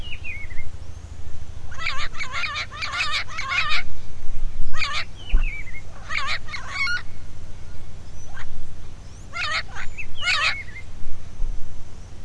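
Bird giving clusters of harsh, buzzy calls in several separate bursts, mixed with brief downslurred whistled notes, against a constant low hum.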